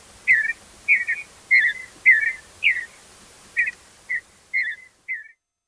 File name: Purple Martin Lang Elliott